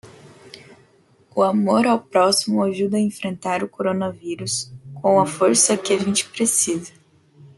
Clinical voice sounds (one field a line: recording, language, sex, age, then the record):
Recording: spoken sentence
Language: Brazilian Portuguese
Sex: female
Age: 20 to 29 years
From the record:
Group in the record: control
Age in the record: 23 years